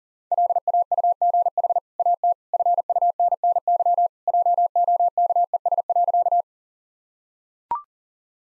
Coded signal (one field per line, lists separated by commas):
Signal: Morse code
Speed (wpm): 37 wpm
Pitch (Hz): 700 Hz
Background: none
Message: LAUGH AT FUNNY JOKES.